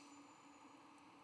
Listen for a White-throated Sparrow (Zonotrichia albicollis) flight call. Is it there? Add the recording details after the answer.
no. No flight call is heard. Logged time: 06:35 on 12 November 2014